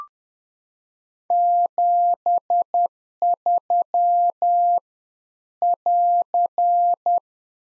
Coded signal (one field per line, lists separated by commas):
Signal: Morse code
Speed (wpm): 10 wpm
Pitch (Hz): 700 Hz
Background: none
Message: 73 <AR>